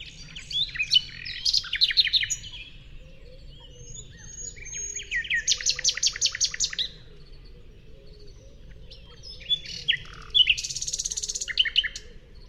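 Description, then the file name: Common nightingale singing three separate phrases: a varied chattering opening, a fast rattling trill midway, and a dense buzzy burst near the end, with pauses between. "Luscinia megarhynchos"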